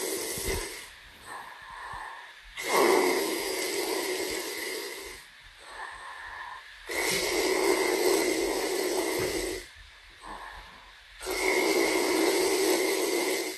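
Loud, rough, fluttering snores come in steady cycles of about 14 breaths a minute, each followed by a softer, quieter breath. This is ordinary snoring, the rattle of relaxed throat tissue vibrating during sleep.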